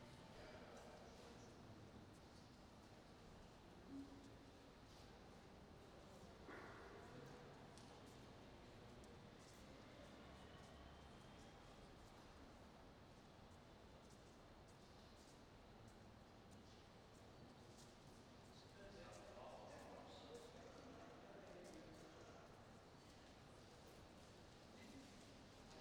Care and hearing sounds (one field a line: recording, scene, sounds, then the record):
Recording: everyday scene through a hearing-aid microphone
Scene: reverberant space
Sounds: background noise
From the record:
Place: railway station hall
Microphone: in the ear canal, right